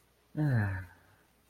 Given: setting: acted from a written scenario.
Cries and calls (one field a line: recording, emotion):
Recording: vocal sound without words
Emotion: romantic love